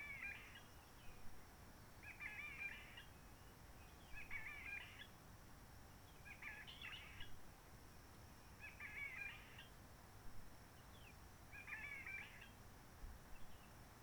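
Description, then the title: Réunion bulbul singing short chattering phrases about every two seconds, six in all, over a low background rumble and a faint steady high whine. Roche Merveilleuse, Réunion; forest quiet since the 19 March 2020 lockdown, no people, microlights or helicopters; sunny blue sky; birds not very active; sings simpler short phrases, adapted to noise pollution. "Roche Merveilleuse, Réunion - Merle de lîle de la Réunion."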